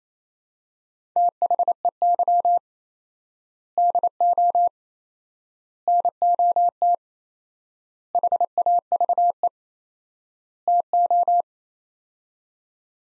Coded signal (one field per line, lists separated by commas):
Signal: Morse code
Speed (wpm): 28 wpm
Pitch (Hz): 700 Hz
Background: none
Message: THEY DO NOT HAVE TO